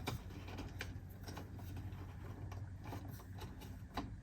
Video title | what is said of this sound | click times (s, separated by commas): Fisker Ocean One - Cup Holder Adapter | it locks into place | 4.0 s